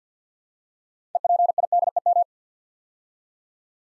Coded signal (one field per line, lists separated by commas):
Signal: Morse code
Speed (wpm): 48 wpm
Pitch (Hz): 700 Hz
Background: none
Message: EPIDEM